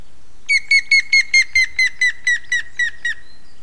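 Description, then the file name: Grey-headed woodpecker giving a call series: a dozen ringing whistled notes, gradually lower and slower, softening toward the close, against a calm background. "hamvas küllő kiáltás"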